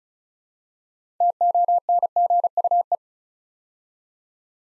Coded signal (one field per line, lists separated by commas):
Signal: Morse code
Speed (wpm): 36 wpm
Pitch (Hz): 700 Hz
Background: none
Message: TONGUE